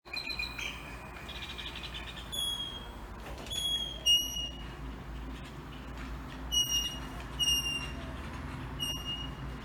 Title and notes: Canto de aves transitando la carretera Villahermosa a Teapa, durante la pandemia de COVID19. Oscar Espinosa Guzmán